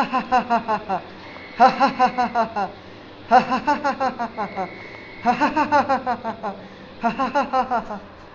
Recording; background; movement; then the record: laughter; traffic; sitting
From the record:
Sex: male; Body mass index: 20.6 kg/m2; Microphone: on the chest, facing outward